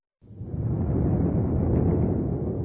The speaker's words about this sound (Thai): เสียงฟ้าร้องเหรอคะ ในภาษาญี่ปุ่นอธิบายเสียงฟ้าร้องว่า โกโรโกโร